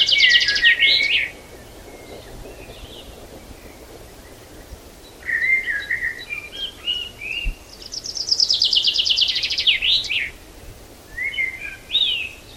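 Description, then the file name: Common chaffinch song: a full descending trill ending in a flourish, the end of a song at the start, and softer notes between. "Fringilla coelebs"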